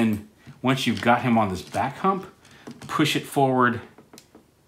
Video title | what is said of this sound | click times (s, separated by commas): Video Review: Transformers Earthrise - Commander Class SKY LYNX | like push forward on it and then snap them down with that clip actually that didn't work | none